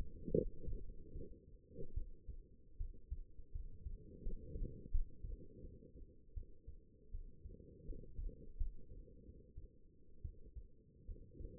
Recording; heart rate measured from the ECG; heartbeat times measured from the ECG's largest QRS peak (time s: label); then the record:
heart sounds by stethoscope; 78 bpm
0.33 s: heartbeat
1.13 s: heartbeat
1.94 s: heartbeat
2.77 s: heartbeat
3.52 s: heartbeat
4.22 s: heartbeat
4.91 s: heartbeat
5.61 s: heartbeat
6.34 s: heartbeat
7.11 s: heartbeat
7.85 s: heartbeat
8.57 s: heartbeat
9.25 s: heartbeat
10.22 s: heartbeat
11.06 s: heartbeat
From the record:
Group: healthy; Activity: rest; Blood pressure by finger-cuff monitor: 118/72 mmHg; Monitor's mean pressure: 84 mmHg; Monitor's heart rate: 82 bpm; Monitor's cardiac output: 6.5 L/min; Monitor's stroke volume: 80 mL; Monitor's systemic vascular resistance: 930 dyn s/cm5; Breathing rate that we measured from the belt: 16 breaths a minute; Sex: female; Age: 22 years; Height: 171 cm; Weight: 65.6 kg